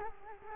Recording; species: mosquito wingbeat signal from an infrared sensor; Culex quinquefasciatus